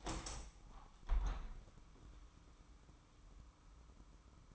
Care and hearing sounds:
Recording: daily activity, microphone in the room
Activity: open window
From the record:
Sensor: 1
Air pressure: 998.0 hPa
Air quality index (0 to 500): 119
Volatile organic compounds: 3 ppm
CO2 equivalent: 1416 ppm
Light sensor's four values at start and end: 17/57/23/23 and 17/57/23/23

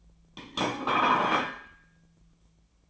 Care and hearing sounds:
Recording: daily activity, microphone in the room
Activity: place plate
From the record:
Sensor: 1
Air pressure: 1009.4 hPa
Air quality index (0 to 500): 196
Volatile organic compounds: 20 ppm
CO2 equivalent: 2680 ppm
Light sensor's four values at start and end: 28/71/29/35 and 28/71/30/35

